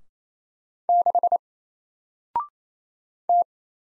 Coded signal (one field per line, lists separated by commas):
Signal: Morse code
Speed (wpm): 27 wpm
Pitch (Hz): 700 Hz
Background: none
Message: 6 T